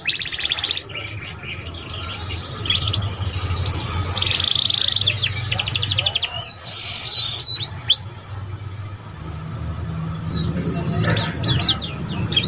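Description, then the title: Canary song with fast sweeping whistles and trilled phrases in bursts, separated by quieter chirps over a low background rumble. Belgian canary song to warm up and stimulate young canaries to start singing quickly and chirp. "Canto Para Esquentar Canário Belga. SUARA KENARI PAUD CUIT CUIT BELAJAR BUNYI - pancingan kenari paud muda agar cepat bunyi dan ngeriwik"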